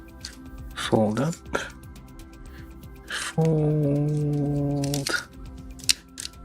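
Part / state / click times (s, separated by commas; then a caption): folding plastic part on a model kit / seated / 5.9 s. Someone talks while folding a plastic part of a transformable Bandai Real Grade 1/144 Zeta Gundam model kit all the way up. At 5.9 s it stops with a sharp plastic click, locking in place at full travel.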